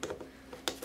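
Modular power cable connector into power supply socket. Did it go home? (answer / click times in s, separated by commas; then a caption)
yes / 0.7 s. A blue-marked modular cable connector is matched to its blue socket on a Thermaltake Toughpower Cable Management 1200W power supply and pushed in. A few light ticks and scrapes lead to a sharp click at 0.7 s as the connector seats.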